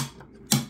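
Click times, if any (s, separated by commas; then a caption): 0.5 s. A screwdriver inserted from the side, so as not to damage the gear underneath, lifts and pushes down the part near the gear in the chapter ring assembly of a Jefferson mystery clock movement. After a faint tick at 0.2 s, a sharp, bright pop at 0.5 s marks the gear/drive part snapping into place. It ends seated perfectly.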